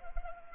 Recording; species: mosquito wingbeat signal from an infrared sensor; Culex pipiens